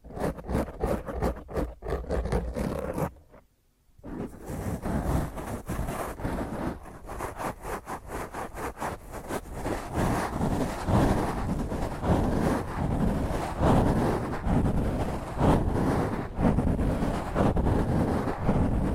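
Rough fingernail scratching on a microphone, dense rapid rasping strokes, a brief silent pause near four seconds, then growing louder and harsher.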